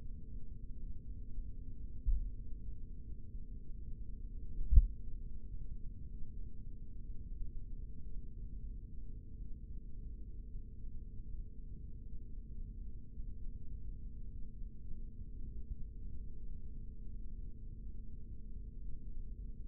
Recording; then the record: forearm muscle sounds (acoustic myography)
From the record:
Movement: rest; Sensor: system 3, bracelet of six PUI Audio POM-2738L microphones around the upper forearm, with dedicated amplification and filtering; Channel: 2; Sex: male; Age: 56 years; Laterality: right